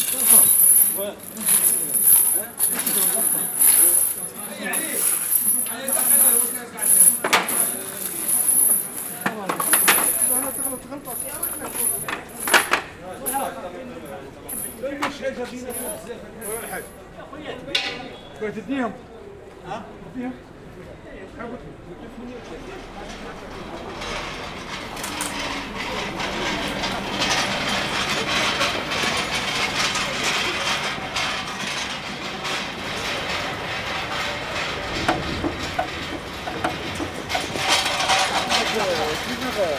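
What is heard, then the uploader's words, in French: Alleys of the working-class Belsunce quarter in Marseille: voices and scattered knocks and clatters fill the first half, with a thin high whine over the first seventeen seconds. From about 25 seconds a denser, steady rushing din, like passing traffic, takes over until the end. La compositrice Marie-Hélène Bernard tend son micro dans les ruelles du quartier populaire de Belsunce, à Marseille.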